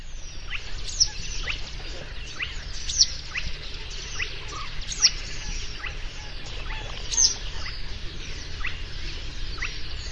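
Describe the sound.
Yellow-headed wagtail giving short high call notes every two seconds or so, with faint twittering in the background.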